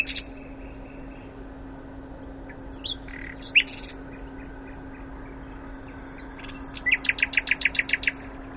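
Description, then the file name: Common nightingale singing scattered short notes and clicks, then a fast repeated series of about ten sharp chirps toward the end. "Luscinia megarhynchos"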